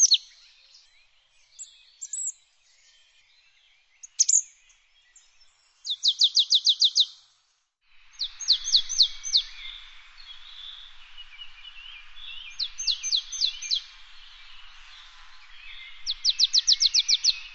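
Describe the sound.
Bird song, bursts of rapid high clicking trills repeated in short rattling series, with scattered chirps and softer twittering between them.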